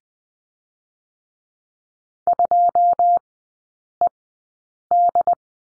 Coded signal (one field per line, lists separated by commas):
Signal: Morse code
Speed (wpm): 20 wpm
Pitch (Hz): 700 Hz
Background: none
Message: 2ED